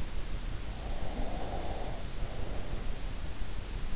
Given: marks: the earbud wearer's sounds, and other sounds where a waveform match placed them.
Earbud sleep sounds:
sounds in sleep by an in-ear microphone; breath
0.58-3.12 s: breath

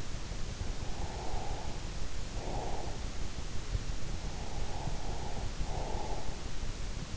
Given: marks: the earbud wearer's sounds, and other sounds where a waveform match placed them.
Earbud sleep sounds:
sounds in sleep by an in-ear microphone; breath
0.91-3.32 s: breath
4.36-6.70 s: breath

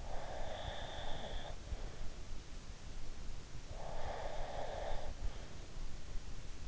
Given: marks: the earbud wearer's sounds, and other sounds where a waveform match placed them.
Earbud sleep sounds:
sounds in sleep by an in-ear microphone; breath
0.06-1.77 s: breath
3.68-5.16 s: breath

